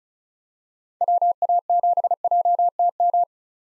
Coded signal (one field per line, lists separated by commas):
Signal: Morse code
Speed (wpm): 36 wpm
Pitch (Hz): 700 Hz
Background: none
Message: WA7JTM